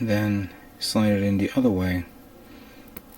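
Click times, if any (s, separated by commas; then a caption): 3.0 s, 3.2 s. Someone talks while a plastic rear part of a 1/100 MG Wing Gundam EW model kit is slid the other way into the kit's leg frame. Two small, sharp clicks sound at 3.0 s and 3.2 s as the part locks into place.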